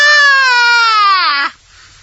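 One drawn-out, high, falling 'wah' of about 1.5 seconds: an adult imitating a newborn's first cry, the first sound a baby makes on coming out of the womb, as midwives describe it.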